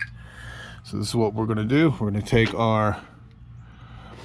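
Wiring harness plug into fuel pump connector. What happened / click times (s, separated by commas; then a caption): Handled only, no seating click yet; the connector is not home / none. An aftermarket immobilizer wiring harness plug is being handled before it is pushed onto the fuel pump connector under the rear seat of a 2018 AWD police Charger. Someone talks from about 0.9 to 3.0 seconds over a low steady hum, with a brief sharp tick at the very start. The plug has not yet seated or clicked into the connector.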